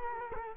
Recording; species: mosquito wingbeat signal from an infrared sensor; Culex quinquefasciatus